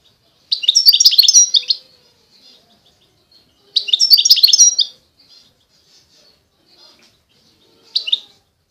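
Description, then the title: European goldfinch singing in short twittering bursts of liquid, jingling notes, two full phrases a few seconds apart and a brief fragment near the end. Wild bird. "اجمل غناءالحسون الخلويchant chardonneret sauvage collection"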